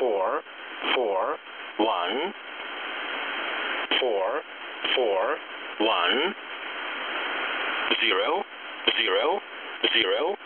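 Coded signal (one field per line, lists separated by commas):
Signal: numbers station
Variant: E07 English Man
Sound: male voice reading single digits at a steady pace over hissy shortwave static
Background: radio static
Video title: E07 English Man 25/07/2024 1430 UTC 14862kHz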